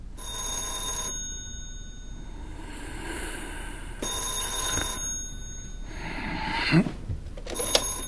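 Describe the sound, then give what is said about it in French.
A telephone bell rings at night in repeated bursts, a switchboard calling a doctor, a bright metallic trill with a pause between each ring, loud against a quiet background with no one speaking. “Il faut dire que les gens appellent pour n'importe quoi, surtout la nuit.”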